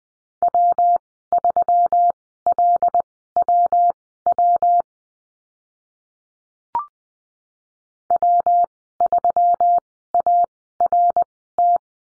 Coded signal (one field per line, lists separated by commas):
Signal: Morse code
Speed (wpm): 20 wpm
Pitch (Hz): 700 Hz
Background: none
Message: W3LWW W3ART